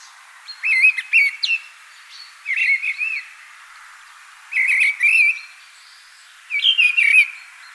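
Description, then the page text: Mistle thrush song of ringing, slightly wavering whistled phrases, four short bursts separated by brief pauses. "Mistle Thrush Song. Quick Sounds"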